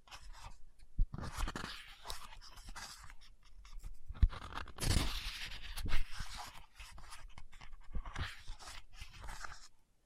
Book Tapping, Scratching, Page Turning